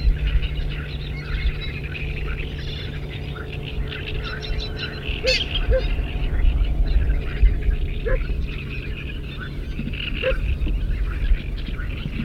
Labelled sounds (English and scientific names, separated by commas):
Black-winged Stilt (Himantopus himantopus) call